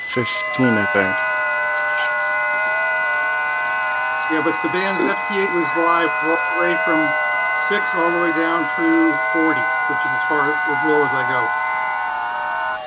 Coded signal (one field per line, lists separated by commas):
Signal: FT8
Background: speech